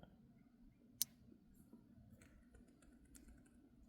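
A crimped wire terminal is slid into its cavity in the shifter pigtail's plastic connector housing. A sharp, bright snap at 1.0 s marks it clicking and locking into place, and it is confirmed seated. Two fainter ticks follow over a low background hum.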